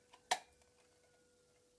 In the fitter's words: by pushing it in, and then turn it clockwise and it locks into place.